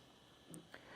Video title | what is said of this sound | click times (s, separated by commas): etrailer - How to Install: Yakima RidgeLine Roof Rack for Flush Rails on your 2024 Jeep Compass | and then push down till it clicks into place | 0.5 s, 0.7 s